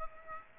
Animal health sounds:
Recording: mosquito wingbeat signal from an infrared sensor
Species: Aedes aegypti

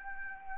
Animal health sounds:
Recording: mosquito wingbeat signal from an infrared sensor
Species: Anopheles arabiensis

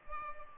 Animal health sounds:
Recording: mosquito wingbeat signal from an infrared sensor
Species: Culex pipiens

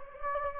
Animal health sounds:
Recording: mosquito wingbeat signal from an infrared sensor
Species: Anopheles gambiae

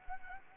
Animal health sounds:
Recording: mosquito wingbeat signal from an infrared sensor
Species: Anopheles arabiensis

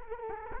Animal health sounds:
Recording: mosquito wingbeat signal from an infrared sensor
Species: Culex quinquefasciatus

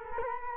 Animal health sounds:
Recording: mosquito wingbeat signal from an infrared sensor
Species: Culex quinquefasciatus

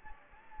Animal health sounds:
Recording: mosquito wingbeat signal from an infrared sensor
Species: Anopheles gambiae

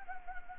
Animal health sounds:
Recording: mosquito wingbeat signal from an infrared sensor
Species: Anopheles gambiae

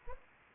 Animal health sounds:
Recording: mosquito wingbeat signal from an infrared sensor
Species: Anopheles arabiensis

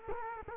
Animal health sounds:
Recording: mosquito wingbeat signal from an infrared sensor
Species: Culex quinquefasciatus

